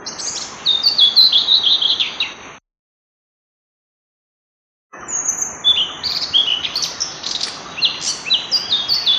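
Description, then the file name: Blue-throated flycatcher song: a run of high, tumbling twitters, a silent gap, then a longer, more varied high warble. "kicau sikatan blue throated. omkicau"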